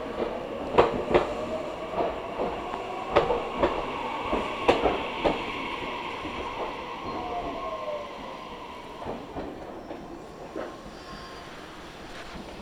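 A Meitetsu train runs along the Inuyama and Hiromi lines, its wheels knocking over rail joints in irregular sharp clacks, densest in the first five seconds. A steady low rumble and rolling hum continue underneath, growing slightly quieter toward the end with scattered softer clicks.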